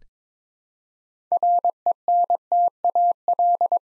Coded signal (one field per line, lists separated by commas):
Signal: Morse code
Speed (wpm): 22 wpm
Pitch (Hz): 700 Hz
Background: none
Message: RENTAL